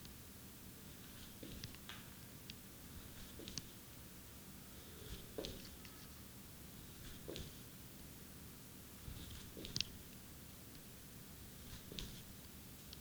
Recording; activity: daily activity, guitar pickup as the sensor; jump